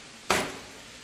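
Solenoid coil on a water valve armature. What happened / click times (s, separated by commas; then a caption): The solenoid coil popped off its armature tube / 0.3 s. After the retaining plate is slid forward, a solenoid coil is popped off the top of the armature tube on a water valve. A single sharp knock lands at 0.3 s and rings down over about a quarter second against a quiet background. The coil comes free of the armature.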